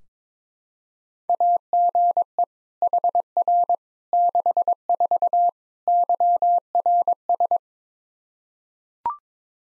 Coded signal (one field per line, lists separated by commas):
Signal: Morse code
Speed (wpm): 22 wpm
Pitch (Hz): 700 Hz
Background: none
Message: AGE HR 64 YRS